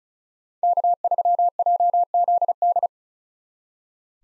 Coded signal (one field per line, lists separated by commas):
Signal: Morse code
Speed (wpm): 34 wpm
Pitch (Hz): 700 Hz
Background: none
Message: K3JZD